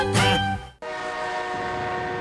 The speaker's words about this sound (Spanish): ¿Qué es ese ruido? Es la sirena. ¿Cómo? ¿Qué sirena?